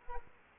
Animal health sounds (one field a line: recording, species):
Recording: mosquito wingbeat signal from an infrared sensor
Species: Culex quinquefasciatus